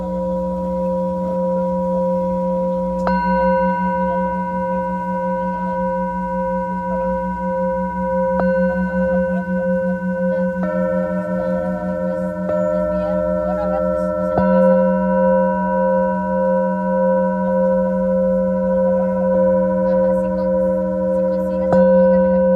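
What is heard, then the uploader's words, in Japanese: Singing bowls ring in a steady, sustained drone, with a strong low hum and a bright tone above it that pulses gently as it wavers. Fresh strikes near 3, 10, 14 and 22 seconds add new shimmering overtones, and the sound stays continuous throughout. メキシコから シンギングボウルのサウンドヒーリング ライブ。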